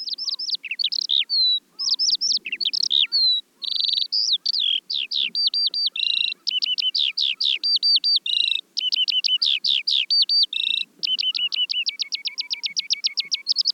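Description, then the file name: Eurasian skylark song, a long, fluent outpouring of shrill chirps, rapid trills and repeated high notes, delivered without a break. "veldleeuwerik"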